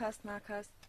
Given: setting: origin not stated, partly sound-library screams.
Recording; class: one-second piece from a danger detection set; normal situation